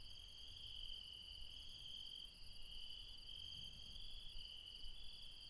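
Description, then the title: Insect chorus of continuous shrill trills, several layered pitches, with soft low rumbling noise underneath. Late night, mountains, Refuge Krevatia, Barbala, Dion, Greece. "Refuge Krevatia, Μπαρμπαλά, Dion 601 00, Greece - Late night mountain insects"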